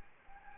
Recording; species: mosquito wingbeat signal from an infrared sensor; Anopheles gambiae